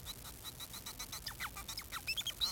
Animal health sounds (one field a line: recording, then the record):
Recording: song of a male Bengalese finch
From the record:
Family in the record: son of father 4